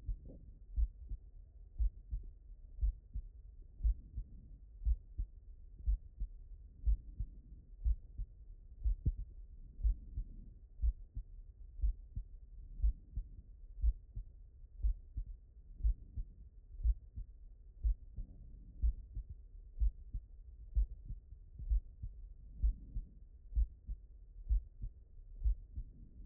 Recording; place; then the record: heart sounds by stethoscope; mitral valve (MV)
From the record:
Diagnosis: non-HFrEF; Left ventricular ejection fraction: 51%